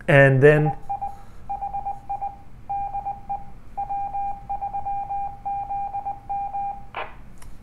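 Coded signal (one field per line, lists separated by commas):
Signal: Morse code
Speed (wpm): 20 wpm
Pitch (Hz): 800 Hz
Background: speech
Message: EI HI DE W3ZM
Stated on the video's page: CubeSatSim AMSAT CubeSat simulator during assembly testing.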